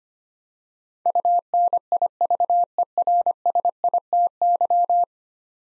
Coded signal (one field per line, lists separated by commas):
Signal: Morse code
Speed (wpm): 25 wpm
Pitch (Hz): 700 Hz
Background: none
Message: UNIVERSITY